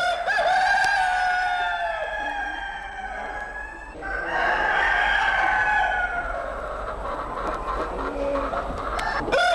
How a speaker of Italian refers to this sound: Allora, i nostri galli o galletti hanno fatto sentire la loro voce.